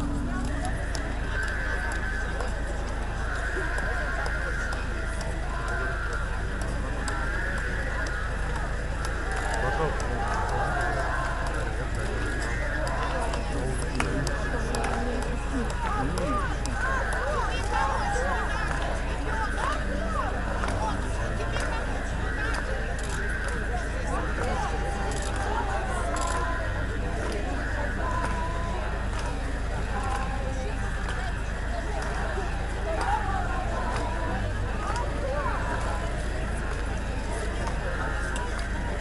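A protest crowd in Belarus keeps up a dense, steady babble of many voices for the whole stretch, with no pauses or clear peaks. A constant low rumble runs underneath, and scattered brighter shouts and calls rise briefly from the mass.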